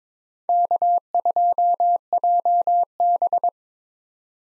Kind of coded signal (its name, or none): Morse code